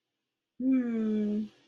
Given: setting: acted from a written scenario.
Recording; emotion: vocal sound without words; contentment